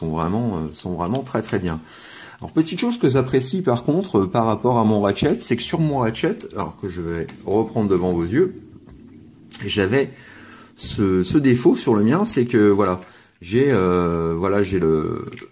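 Someone talks while trying to clip a part of a ratcheting accessory onto its mating piece. A short, faint thud at about 8.9 s is the attempt, not a click. The part does not clip in at all, and nothing has clicked, a defect of this particular unit.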